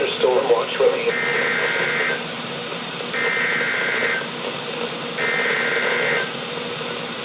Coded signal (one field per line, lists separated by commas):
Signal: Emergency Alert System (SAME) tones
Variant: header bursts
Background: speech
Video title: EAS #1484-#1501: Ping Pong Ball Sized Hail | WXL60 & WZ2500